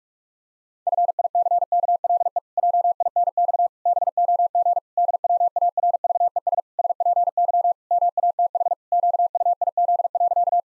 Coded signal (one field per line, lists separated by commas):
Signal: Morse code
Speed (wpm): 46 wpm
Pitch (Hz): 700 Hz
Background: none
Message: FICKLE JINX BOG DWARVES SPY MATH QUIZ.